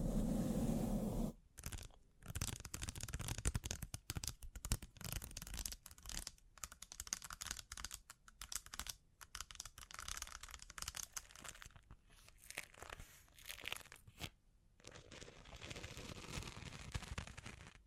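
Bling bling triggers: dense, fast crinkling and tapping sounds that crackle on and off, with brief silent gaps around 1.5, 9, 12 and 14.5 seconds. The opening second carries a louder, lower rustle before the bright, busy clicking takes over for the rest.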